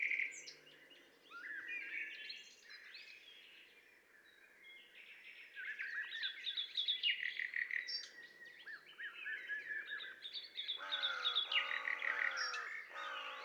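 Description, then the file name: Common nightingale song, a rich, varied run of whistles, trills and clicks, ending in a burst of fast, harsh repeated notes. "Luscinia megarhynchos"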